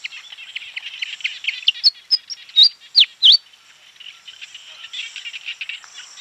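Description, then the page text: Pied fantail song: a short run of clear, sharply inflected whistled notes, some rising and some falling, over a steady wash of high chirping and insect-like buzzing. "Pied Fantail Song. Quick Sounds library"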